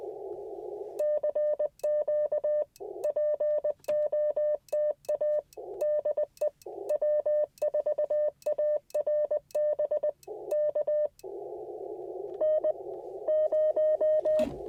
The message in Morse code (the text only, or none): CQ POTA DE W4ARB K N0